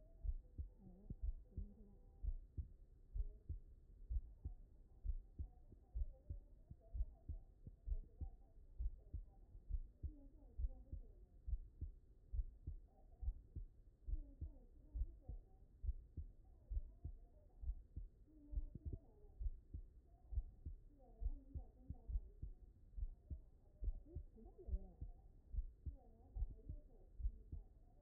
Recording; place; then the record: heart sounds by stethoscope; mitral valve (MV)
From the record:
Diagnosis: non-HFrEF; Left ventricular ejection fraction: 57%